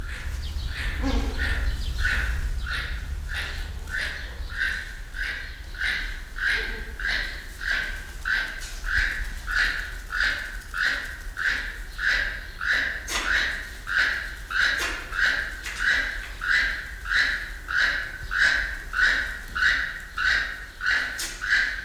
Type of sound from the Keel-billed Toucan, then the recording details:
call. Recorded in captivity. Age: adult. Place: Zoo Berlin, Berlin, DE. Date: 1993-06-05 11:02. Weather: 20-25 °C, sonnig. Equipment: Marantz CP 430, Sennheiser ME 80, Kopie Uher Variocord 263. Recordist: Tembrock, Günter